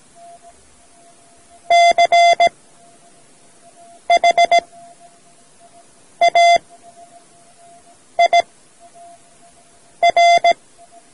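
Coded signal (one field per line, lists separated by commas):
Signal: Morse code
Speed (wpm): 17 wpm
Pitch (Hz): 690 Hz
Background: none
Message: CHAIR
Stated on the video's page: Morse code learning lesson from a radio society audio cassette.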